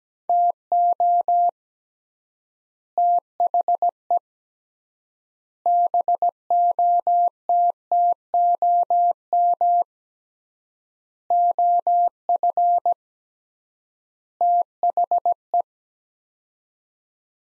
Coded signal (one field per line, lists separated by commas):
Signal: Morse code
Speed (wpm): 17 wpm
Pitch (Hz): 700 Hz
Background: none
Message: TO THE BOTTOM OF THE